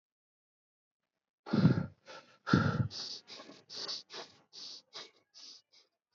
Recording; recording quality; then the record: shallow breathing; excellent, no background noise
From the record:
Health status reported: COVID-19 positive, mild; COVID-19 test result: positive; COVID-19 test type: RT-PCR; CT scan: not taken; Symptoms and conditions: cough, cold, fatigue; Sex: male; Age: 39 years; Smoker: no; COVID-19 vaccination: both doses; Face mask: worn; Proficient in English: yes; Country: India